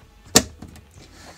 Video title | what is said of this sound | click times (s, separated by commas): It’s a Zombie! Lego Minecraft- The Zombie Cave 21141 | and then you just put them on there with that little stud, and then it just clicks right in. | 0.4 s